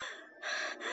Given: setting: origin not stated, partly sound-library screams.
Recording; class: one-second piece from a danger detection set; woman in danger